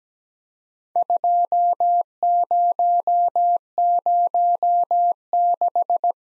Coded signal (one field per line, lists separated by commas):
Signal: Morse code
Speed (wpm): 17 wpm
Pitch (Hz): 700 Hz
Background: none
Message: 2006